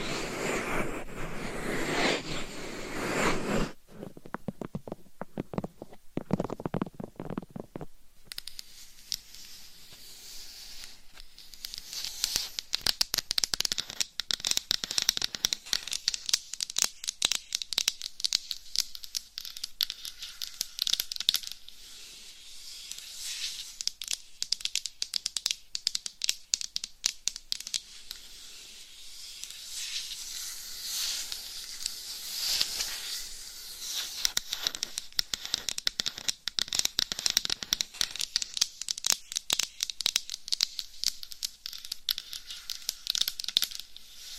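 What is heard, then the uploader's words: Close scratching and rubbing on a dummy head microphone, with a thick, low, rumbling rub in the first eight seconds, then a long stretch of dense, fast, bright scratching and crackling. Sharp taps and brushing strokes come in quick irregular bursts, very near. ASMR Real Life Binaural Dummy Head Mic Scratching , Massage & Tapping Asmr No Talking.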